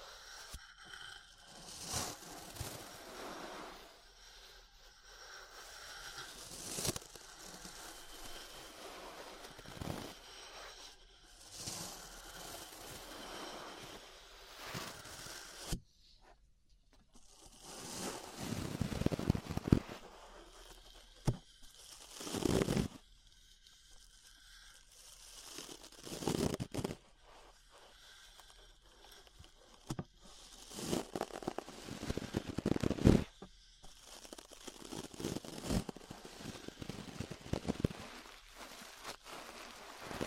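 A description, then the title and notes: Bristly brushing and scraping sweeps against the ear, rough rustling strokes that come in uneven bursts every few seconds. Some passes are sharp and crackly, others softer, with a brief near-silent gap around fifteen seconds before the strokes grow denser and louder. ASMR Relaxing 3Dio Ear Brushing (No Talking).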